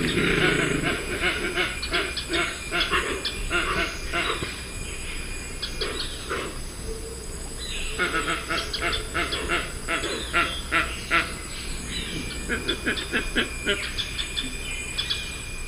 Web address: Natures Songs S America Eastern Lowlands Opisthocomus hoazin, calls